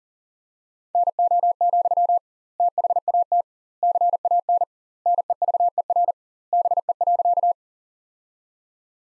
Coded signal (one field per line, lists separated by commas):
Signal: Morse code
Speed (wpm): 40 wpm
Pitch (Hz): 700 Hz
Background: none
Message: NO, THAT CAN NEVER BE.